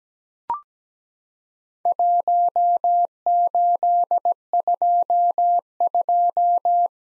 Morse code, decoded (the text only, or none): 1822